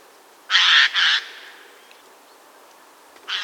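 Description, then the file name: Eurasian jay screeching, two harsh, rasping calls in quick succession, then a pause and a third screech starting at the end. "Garrulus glandarius"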